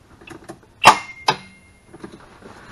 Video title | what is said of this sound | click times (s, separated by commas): EZGO RXV Brake Problem? #ezgo #ezgorxv | I hope so heard that big click | 1.3 s